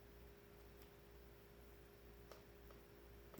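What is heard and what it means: An eDP display ribbon cable connector is pressed into the back of a replacement IPS LCD panel in an MSI laptop, over a quiet, steady background hum. One side of the connector snaps in with a short, sharp click at 2.3 s, followed by fainter ticks at 2.7 s and 3.3 s. The connector is only partly plugged in, and this is the first of its two snaps.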